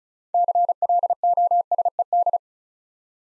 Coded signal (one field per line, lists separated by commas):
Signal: Morse code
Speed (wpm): 36 wpm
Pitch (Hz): 700 Hz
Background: none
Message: CLOSED